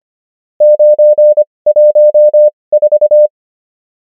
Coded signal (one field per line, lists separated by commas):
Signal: Morse code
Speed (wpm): 25 wpm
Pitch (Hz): 600 Hz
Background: none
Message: 914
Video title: morse code practice | 25wpm | 20fw | numbers | ENGLISH